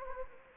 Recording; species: mosquito wingbeat signal from an infrared sensor; Anopheles gambiae